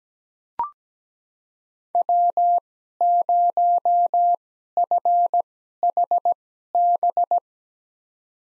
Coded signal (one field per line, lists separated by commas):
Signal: Morse code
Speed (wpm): 17 wpm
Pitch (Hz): 700 Hz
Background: none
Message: W0FHB